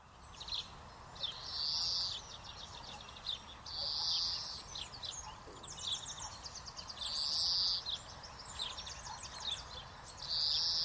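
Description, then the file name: European greenfinch giving a buzzy, drawn-out wheeze four times, each separated by rapid twittering and trilled notes over a constant hiss. "Chloris chloris"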